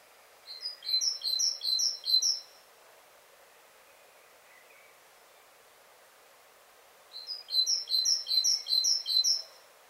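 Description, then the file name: Great tit chattering: a fast string of high notes lasting two seconds, a long pause, then a second matching string. "Parus major"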